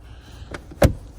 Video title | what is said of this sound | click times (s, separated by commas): FORD ECOSPORT - How to fold rear seats flat | do it until it clicks back into place and you don't see any more of that red. | 0.8 s